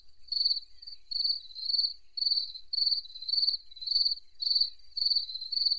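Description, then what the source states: Cricket chirps, high and trilled, arriving in rhythmic bursts nearly twice a second as several insects call together. Crickets calling by a lake.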